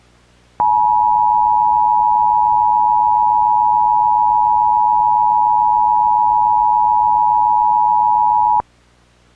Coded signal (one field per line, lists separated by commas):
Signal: Emergency Alert System (SAME) tones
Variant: 853 and 960 Hz attention tone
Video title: EAS Remake: 2005 Connecticut False Evacuation Order